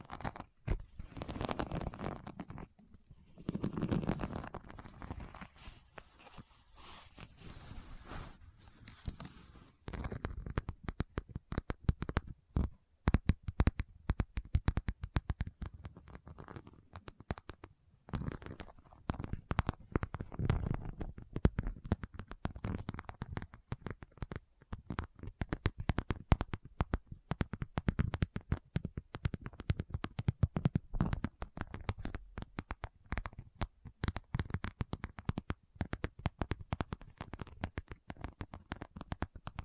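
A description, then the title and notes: Rummaging through a bag: for the first ten seconds a soft, swelling rustle of fabric or plastic being handled. From about ten seconds on, dense crackling and rapid clicking take over and continue unevenly to the end, with brief pauses around eighteen seconds. ASMR What's In My Bag (No Talking).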